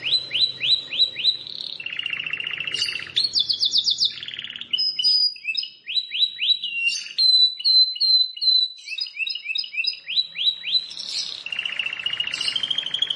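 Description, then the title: Plain prinia song with rapid series of rising whistled notes alternating with buzzy rattles and sharp high notes, delivered almost continuously. "Ciblek Sawah"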